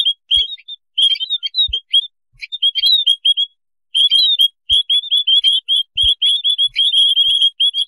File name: beyaz basli mannikin otusu serinofil